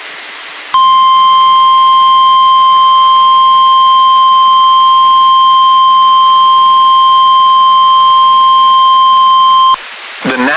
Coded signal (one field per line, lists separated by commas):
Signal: Emergency Alert System (SAME) tones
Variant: 1050 Hz attention tone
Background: speech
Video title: EAS #1,942 Online NOAA Weather Radio Severe T’storm Warning #7 5/19/25